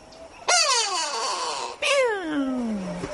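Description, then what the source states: Go-away-bird giving two loud, nasal, drawn-out calls, each starting high and sliding downward, the second call longer and trailing off low. From South Africa; on safari it perches above hidden observers watching lions and loudly announces their presence to other animals.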